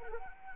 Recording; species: mosquito wingbeat signal from an infrared sensor; Anopheles arabiensis